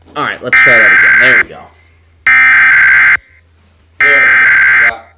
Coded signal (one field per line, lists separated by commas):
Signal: Emergency Alert System (SAME) tones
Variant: header bursts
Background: speech